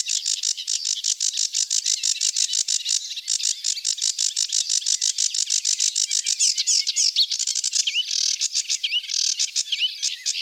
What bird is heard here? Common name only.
Sedge Warbler